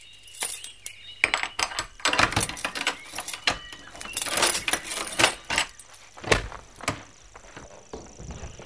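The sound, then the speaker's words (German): Keys jangle and clink against a lock for several seconds, a busy run of sharp metallic rattles and clicks as the door of a hut is unlocked and opened, with no voices. “Ja, warten Sie hier. Ich mach die Tür auf.”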